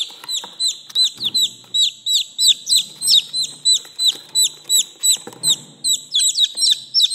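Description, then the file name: Chicken chick peeping with high down-slurred notes about two or three per second, over soft rustling and occasional knocks. Chick, a young chicken, calling. "Tieng ga con keu"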